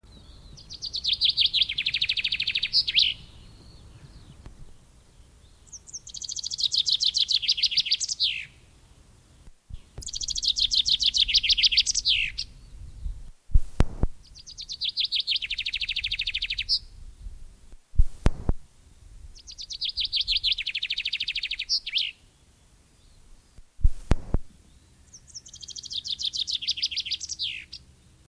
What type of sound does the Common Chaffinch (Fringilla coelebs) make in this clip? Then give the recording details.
song. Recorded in the wild. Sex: male. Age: adult. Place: Röttenbach, Bayern, DE. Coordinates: 49.6683, 10.9244. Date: 1964-06-27. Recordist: Tretzel, Erwin. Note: Röttchenbach, Würger-Biotop. Männchen: Gesang